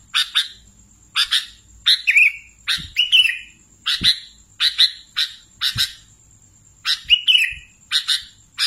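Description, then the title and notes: Sooty-headed bulbul giving brief chirpy bursts and a few warbled phrases at irregular intervals, over a faint, steady high-pitched tone. "Kicau Burung Kutilang"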